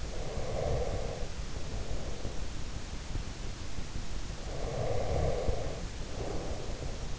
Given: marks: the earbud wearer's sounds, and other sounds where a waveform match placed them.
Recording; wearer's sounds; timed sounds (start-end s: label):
sounds in sleep by an in-ear microphone; breath
0.04-2.60 s: breath
4.20-7.19 s: breath